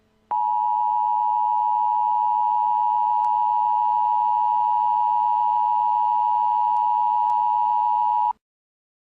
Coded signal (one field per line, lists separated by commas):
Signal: Emergency Alert System (SAME) tones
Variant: 853 and 960 Hz attention tone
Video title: Eas scenario 3: Sprunki